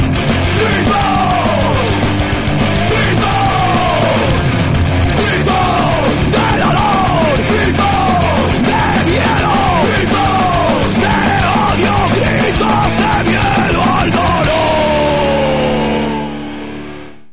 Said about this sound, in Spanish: ¡Gritos! ¡Gritos!